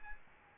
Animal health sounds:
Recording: mosquito wingbeat signal from an infrared sensor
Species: Aedes albopictus

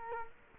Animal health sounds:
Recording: mosquito wingbeat signal from an infrared sensor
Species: Culex quinquefasciatus

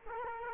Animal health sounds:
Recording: mosquito wingbeat signal from an infrared sensor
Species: Culex quinquefasciatus

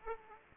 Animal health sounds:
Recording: mosquito wingbeat signal from an infrared sensor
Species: Aedes aegypti

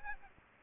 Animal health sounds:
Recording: mosquito wingbeat signal from an infrared sensor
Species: Aedes aegypti

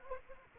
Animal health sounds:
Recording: mosquito wingbeat signal from an infrared sensor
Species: Anopheles arabiensis

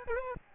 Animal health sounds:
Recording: mosquito wingbeat signal from an infrared sensor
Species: Aedes albopictus

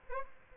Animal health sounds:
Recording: mosquito wingbeat signal from an infrared sensor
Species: Aedes aegypti

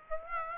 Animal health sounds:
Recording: mosquito wingbeat signal from an infrared sensor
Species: Aedes aegypti

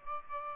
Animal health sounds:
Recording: mosquito wingbeat signal from an infrared sensor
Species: Aedes aegypti

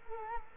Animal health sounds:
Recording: mosquito wingbeat signal from an infrared sensor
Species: Culex quinquefasciatus

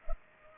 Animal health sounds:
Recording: mosquito wingbeat signal from an infrared sensor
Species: Culex pipiens

